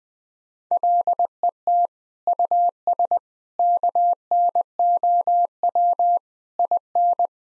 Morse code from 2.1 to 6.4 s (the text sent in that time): US KNOW